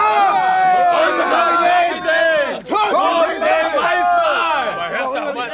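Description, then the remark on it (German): A rowdy crowd of drunken sailors, given rum, roaring and shouting together against Moby Dick, a continuous loud din of overlapping hoarse voices with whoops and bellows, briefly dipping before surging again. “Hört die Skerle brüllen.”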